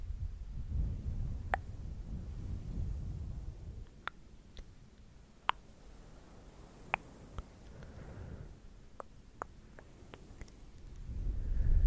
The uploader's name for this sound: ASMR clicky mouth sounds, tktk, sksk, tongue clicking and more